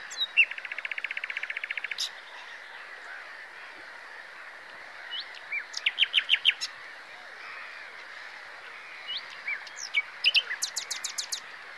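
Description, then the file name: Common nightingale song with a rapid buzzy trill at the start, a later group of loud repeated notes, and a closing high rattle, all over a steady hiss. "Luscinia megarhynchos"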